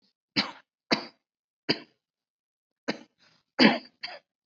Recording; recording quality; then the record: shallow voluntary cough; excellent, no background noise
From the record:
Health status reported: COVID-19 positive, mild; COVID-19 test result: positive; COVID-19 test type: RT-PCR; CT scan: not taken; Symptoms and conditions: cough, fatigue, muscle pain, diabetes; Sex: female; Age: 49 years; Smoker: no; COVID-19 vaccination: both doses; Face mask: worn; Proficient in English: yes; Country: India